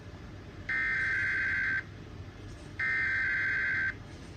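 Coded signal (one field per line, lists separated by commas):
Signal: Emergency Alert System (SAME) tones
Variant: header bursts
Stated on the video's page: Automated Weekly Test, recorded at noon.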